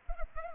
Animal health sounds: mosquito wingbeat signal from an infrared sensor; Culex pipiens

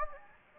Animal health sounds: mosquito wingbeat signal from an infrared sensor; Anopheles gambiae

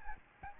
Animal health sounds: mosquito wingbeat signal from an infrared sensor; Aedes albopictus

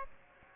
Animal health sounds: mosquito wingbeat signal from an infrared sensor; Aedes aegypti

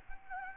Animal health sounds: mosquito wingbeat signal from an infrared sensor; Anopheles gambiae

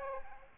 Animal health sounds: mosquito wingbeat signal from an infrared sensor; Aedes aegypti

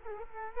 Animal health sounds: mosquito wingbeat signal from an infrared sensor; Culex quinquefasciatus

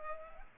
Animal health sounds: mosquito wingbeat signal from an infrared sensor; Culex pipiens

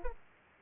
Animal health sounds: mosquito wingbeat signal from an infrared sensor; Aedes aegypti

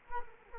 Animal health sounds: mosquito wingbeat signal from an infrared sensor; Culex quinquefasciatus

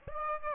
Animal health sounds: mosquito wingbeat signal from an infrared sensor; Aedes aegypti

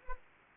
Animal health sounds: mosquito wingbeat signal from an infrared sensor; Anopheles arabiensis

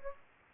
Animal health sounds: mosquito wingbeat signal from an infrared sensor; Anopheles gambiae

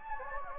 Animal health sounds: mosquito wingbeat signal from an infrared sensor; Anopheles gambiae

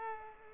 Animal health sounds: mosquito wingbeat signal from an infrared sensor; Culex pipiens

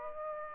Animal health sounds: mosquito wingbeat signal from an infrared sensor; Aedes aegypti

